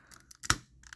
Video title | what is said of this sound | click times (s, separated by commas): My favorite Fans Toys Product: Robot Paradise Soundblaster! | You hear that? That click? | 0.5 s